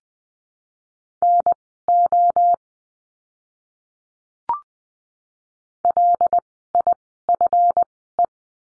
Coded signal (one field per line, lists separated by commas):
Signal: Morse code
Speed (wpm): 20 wpm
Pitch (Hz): 700 Hz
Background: none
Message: NO LIFE